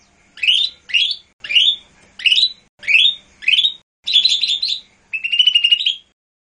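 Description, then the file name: Lesser green leafbird song: six quick rising whistled notes, then a faster jumble of notes and a buzzy trill to finish. "audio-cucak-hijau-mini-1-omkicau"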